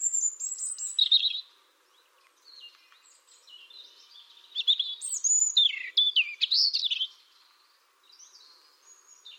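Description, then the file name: European robin singing: rapid sparkling phrases mixing high whistles and short trills, with brief quieter gaps between bursts of tumbling notes. "Erithacus rubecula"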